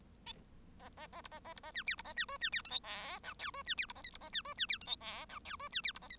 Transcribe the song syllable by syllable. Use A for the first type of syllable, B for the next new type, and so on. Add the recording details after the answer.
A A A B A A B A C D B A C E C D F G H I J E C D B A K B A C E C D F G H I J E C D B A K. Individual Bird1